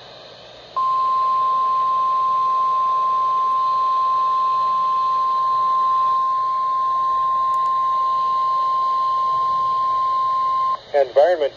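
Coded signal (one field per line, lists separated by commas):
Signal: Emergency Alert System (SAME) tones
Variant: 1050 Hz attention tone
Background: speech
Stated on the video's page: Environment Canada weather bulletin: new severe thunderstorm warning, one expired, squall warning issued, severe thunderstorm watch continued.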